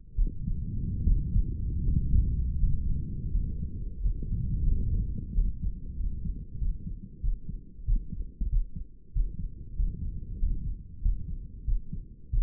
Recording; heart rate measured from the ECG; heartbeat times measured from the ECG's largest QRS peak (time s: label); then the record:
heart sounds by stethoscope; 89 bpm
0.15 s: heartbeat
1.03 s: heartbeat
1.82 s: heartbeat
2.58 s: heartbeat
3.31 s: heartbeat
4.02 s: heartbeat
4.69 s: heartbeat
5.34 s: heartbeat
5.96 s: heartbeat
6.58 s: heartbeat
7.21 s: heartbeat
7.85 s: heartbeat
8.49 s: heartbeat
9.12 s: heartbeat
9.75 s: heartbeat
10.38 s: heartbeat
11.01 s: heartbeat
11.65 s: heartbeat
12.30 s: heartbeat
From the record:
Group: healthy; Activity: rest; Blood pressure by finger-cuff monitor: 118/67 mmHg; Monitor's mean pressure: 78 mmHg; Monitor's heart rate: 92 bpm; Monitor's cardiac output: 7.7 L/min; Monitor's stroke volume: 85 mL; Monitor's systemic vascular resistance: 750 dyn s/cm5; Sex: male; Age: 35 years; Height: 180 cm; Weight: 86.9 kg